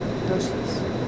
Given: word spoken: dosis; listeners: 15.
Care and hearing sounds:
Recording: one Spanish word in noise, from a listening test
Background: speech-shaped noise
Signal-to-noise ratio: -5.0 dB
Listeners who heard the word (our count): 3 of 15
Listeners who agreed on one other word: 10 of 15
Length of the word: 0.68 s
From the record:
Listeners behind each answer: 10, 3, 1, 1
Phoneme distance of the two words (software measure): 20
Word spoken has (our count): 2 syllables, 5 phonemes, stress on syllable 1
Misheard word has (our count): 2 syllables, 5 phonemes, stress on syllable 1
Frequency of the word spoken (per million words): 44.65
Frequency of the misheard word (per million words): 0.93

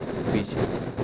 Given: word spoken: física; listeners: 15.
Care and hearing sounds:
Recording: one Spanish word in noise, from a listening test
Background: noise modulated by three-talker babble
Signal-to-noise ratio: -5.6 dB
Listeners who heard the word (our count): 1 of 15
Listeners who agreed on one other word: 7 of 15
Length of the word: 0.64 s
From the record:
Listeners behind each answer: 7, 2, 1, 1, 1, 1, 1, 1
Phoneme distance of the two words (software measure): 34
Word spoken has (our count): 3 syllables, 6 phonemes, stress on syllable 1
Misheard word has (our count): 2 syllables, 4 phonemes, stress on syllable 1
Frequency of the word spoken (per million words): 79.86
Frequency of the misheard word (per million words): 62.99

